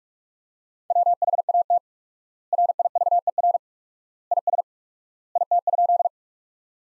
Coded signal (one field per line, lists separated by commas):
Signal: Morse code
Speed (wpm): 47 wpm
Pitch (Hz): 700 Hz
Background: none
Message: WHAT RIVER IS IT?